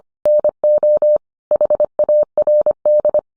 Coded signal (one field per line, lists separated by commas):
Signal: Morse code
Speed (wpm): 24 wpm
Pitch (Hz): 600 Hz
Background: none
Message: NO HARD